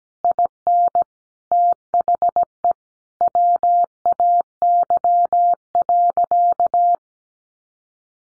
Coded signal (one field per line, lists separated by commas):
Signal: Morse code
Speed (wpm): 17 wpm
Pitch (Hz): 700 Hz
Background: none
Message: IN THE WAY.